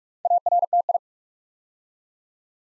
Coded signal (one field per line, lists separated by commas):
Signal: Morse code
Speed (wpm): 44 wpm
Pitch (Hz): 700 Hz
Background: none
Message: ARTI